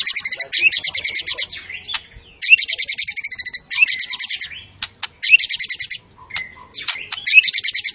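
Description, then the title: White-rumped shama giving four bursts of high, rattling chatter, with brief whistled notes in between. Lure recording for white-rumped shamas; energetic singing with its full repertoire, said to boost other birds' emotions. "PANCINGAN MURAI BATU. MURAI GACOR SUPER EDAN SEMUA MATERI DI KELUARIN COCOK BUAT DONGKRAK EMOSI. SHAMA BIRD"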